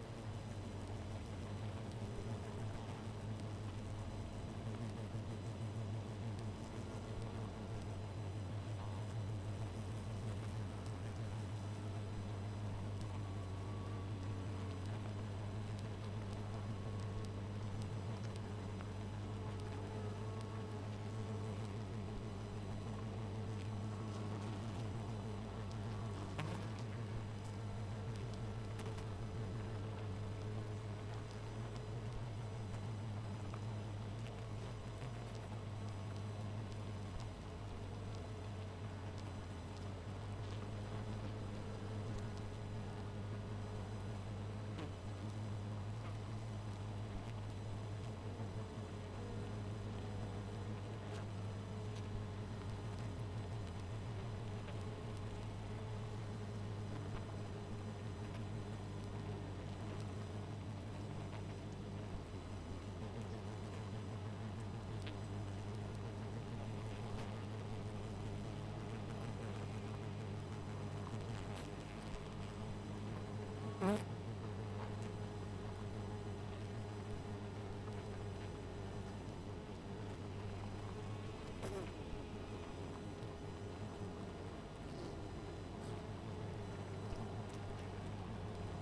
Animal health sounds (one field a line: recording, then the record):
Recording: honeybee colony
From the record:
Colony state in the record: missing queen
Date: 14 July 2017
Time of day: 1:48